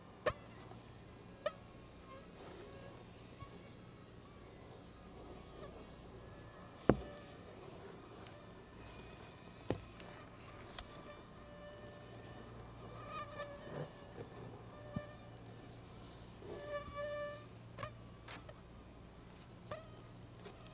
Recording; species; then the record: mosquito flight sound by mobile phone; Aedes albopictus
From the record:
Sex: female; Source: CDC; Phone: Google Nexus